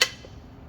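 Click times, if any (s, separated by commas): 0.0 s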